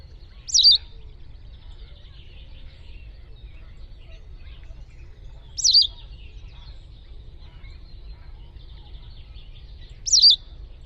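Bird repeats a brief, high, sliding chirp three times, about every four to five seconds, over a steady low rumble.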